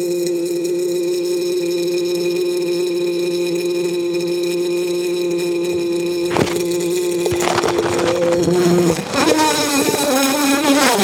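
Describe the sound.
Bumblebee buzzing: a steady low droning hum for several seconds, then the pitch wavers and shifts with crackling noise toward the end.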